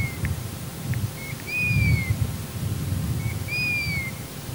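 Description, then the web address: Golden plover giving two plaintive whistles, each a brief lead-in note and then a longer falling tone, heard against constant deep rumbling noise. "Piviere dorato"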